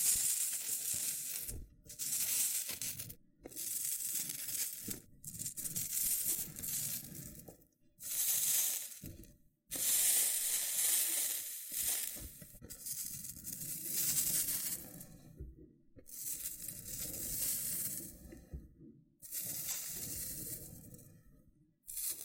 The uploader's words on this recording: ASMR Oddly Satisfying Loofah Triggers with Intense Peeling & Popping Sounds (No Talking).